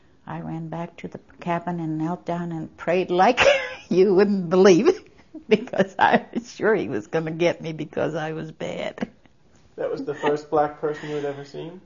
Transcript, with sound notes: I went back to the cabin and knelt down and prayed like you wouldn't believe, (she laughs) cause I was sure he was going to get me because I was bad.
That was the first black person you had ever seen?